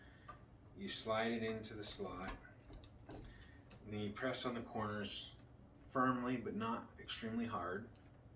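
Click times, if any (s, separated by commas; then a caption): none. A DDR4 memory module is slid into a DIMM slot on a refurbished MSI B460M VDH WiFi motherboard, with the retention arms down, and is about to be pressed firmly at the corners. Someone talks throughout, with faint handling ticks around 0.3, 2.8, 3.1 and 3.7 seconds. The module has not seated or clicked into place yet.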